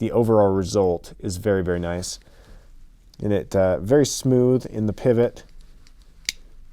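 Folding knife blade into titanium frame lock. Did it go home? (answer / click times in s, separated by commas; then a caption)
yes / 6.3 s. Someone talks, then the D2 steel blade of a titanium frame lock folding knife, a DPx Hest 2.0 with red G10, is flipped open. Faint ticks come before a sharp, loud snap at 6.3 s as the blade reaches full open and the frame lock engages, locking the blade open.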